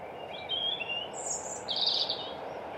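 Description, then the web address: European robin song, thin high whistled notes followed by a short shimmering trill, partly blurred by a broad background hiss. "Deverinetal 2025 Bird Only Er Ru"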